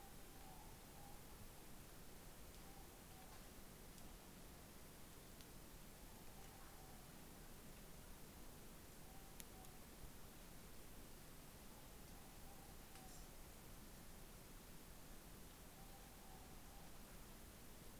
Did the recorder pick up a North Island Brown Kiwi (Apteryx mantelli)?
no